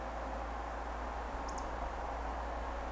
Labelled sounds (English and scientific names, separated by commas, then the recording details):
Eurasian Woodcock (Scolopax rusticola) whistle
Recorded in Baden-Württemberg, Germany, on 30 May 2021 at 20:15 UTC
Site 43323, 910 m above sea level